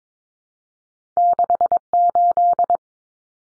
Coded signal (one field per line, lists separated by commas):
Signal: Morse code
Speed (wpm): 22 wpm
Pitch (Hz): 700 Hz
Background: none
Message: 68